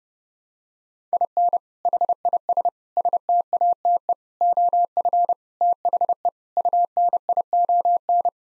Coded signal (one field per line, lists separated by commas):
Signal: Morse code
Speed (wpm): 30 wpm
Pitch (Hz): 700 Hz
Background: none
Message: IN HIS STATE OF THE UNION